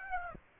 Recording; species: mosquito wingbeat signal from an infrared sensor; Aedes aegypti